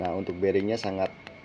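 A bearing for an electric fan motor is handled at its seat in the metal motor housing while someone talks, with a brief sharp tick at about 1.3 s. Nothing has seated yet.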